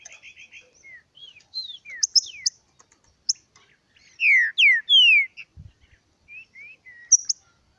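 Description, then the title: Green-winged saltator song: scattered clear whistled notes, several loud slurred descending whistles in the middle, with faint chirps and a brief low thump. Wild bird singing in the forest while competing with another free-living bird. "Trinca Ferro NICÃ O"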